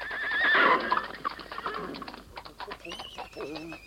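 D'Artagnan's old yellow horse lets out a loud, high whinny, then its hooves clip-clop in a steady, brisk rhythm as it crosses France, continuing to the end, with a faint chirpy tone over the hoofbeats.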